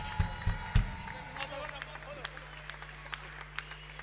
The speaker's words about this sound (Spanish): Fuerte el aplauso para BGH.